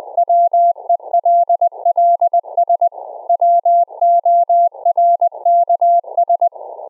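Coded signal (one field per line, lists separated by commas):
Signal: Morse code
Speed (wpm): 20 wpm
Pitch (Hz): 690 Hz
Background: none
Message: WELLS WORKS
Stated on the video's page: CW sent over a remote rig via Secure Reliable Transport protocol through a Raspberry Pi rig interface.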